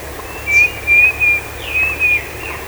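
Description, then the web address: Bird call: five clear, high whistled notes, each slightly rising, in two quick groups. "BIRD 2015 SABIOD 50 bird 2015"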